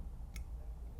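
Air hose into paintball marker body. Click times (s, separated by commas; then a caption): 0.4 s. An air hose is routed through a Planet Eclipse Etek 5 paintball marker body and pulled back until its fitting snaps and locks into place. A single short, sharp click is heard at 0.4 seconds over a steady low background rumble, and the hose is seated.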